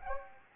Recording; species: mosquito wingbeat signal from an infrared sensor; Anopheles gambiae